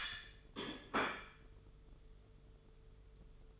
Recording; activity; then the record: daily activity, microphone in the room; place plate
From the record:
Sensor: 4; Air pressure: 995.3 hPa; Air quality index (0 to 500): 196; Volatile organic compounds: 135 ppm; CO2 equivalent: 3954 ppm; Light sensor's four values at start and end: 10/24/9/10 and 10/24/9/10